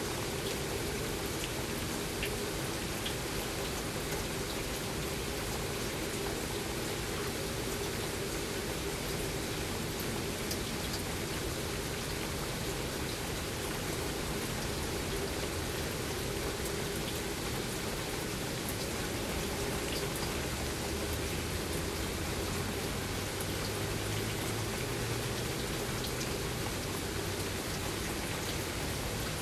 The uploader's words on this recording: Midnight Rain.